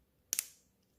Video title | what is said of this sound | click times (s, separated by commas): #flysky #nb4 #kyoshoex-6 #miniz Review flysky Nb4 vs kyosho ex 6 mini z ma030 part 1 | you really have to get that positive click to make sure okay | 0.3 s